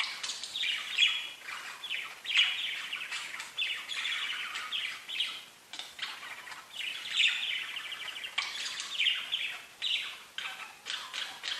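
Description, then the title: Budgerigar chattering warble, steady stream of scratchy twitters and buzzy downslurred notes with a few short breaks. "Budgie Sounds"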